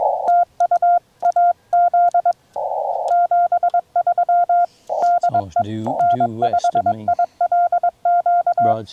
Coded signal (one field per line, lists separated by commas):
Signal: Morse code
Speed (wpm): 22 wpm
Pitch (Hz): 1400 Hz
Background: none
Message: TU AZ 73 DE N5ILQ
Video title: Spooltenna EFHW First Test—Wind, DX, 100 QSOs (POTA)